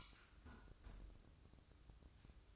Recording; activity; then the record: daily activity, microphone in the room; close fridge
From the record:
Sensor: 2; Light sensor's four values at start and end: 9/22/9/9 and 9/22/9/9